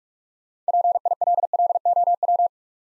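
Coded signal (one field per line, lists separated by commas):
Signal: Morse code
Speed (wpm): 44 wpm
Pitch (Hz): 700 Hz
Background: none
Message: PILLOW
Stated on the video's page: Morse practice set of easy words with contextual hints, speed-racing, 35 wpm.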